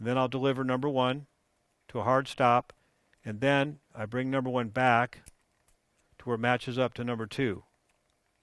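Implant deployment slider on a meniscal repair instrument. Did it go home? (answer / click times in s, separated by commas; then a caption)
no / none. During an arthroscopic all-inside meniscus repair, the number one implant deployment slider on a meniscal repair instrument is delivered to a hard stop and then brought back to line up with number two while someone talks. Nothing has seated or clicked yet.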